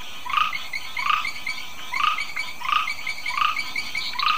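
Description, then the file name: Ptychadena trinodis giving short pulsed calls with a bright rising note, one roughly every two-thirds of a second, over a low steady hiss. "Ptychadena trinodis"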